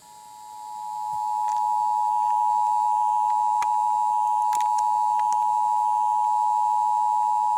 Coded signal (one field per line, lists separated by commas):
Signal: Emergency Alert System (SAME) tones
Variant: 853 and 960 Hz attention tone